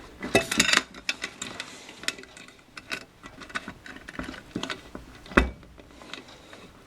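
A power relay is pushed down firmly onto its DIN mounting rail in a Heezy HTS15 auto transfer switch kit build. Several sharp clicks and rattles are heard, with distinct snaps at 1.1 s and 5.4 s as the relay seats onto the rail.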